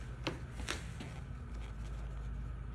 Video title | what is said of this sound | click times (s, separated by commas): Replacing Leather Seat Covers 2001 - 2001 Toyota Sequoia (Gen 1) | you hear that good positive click | 0.3 s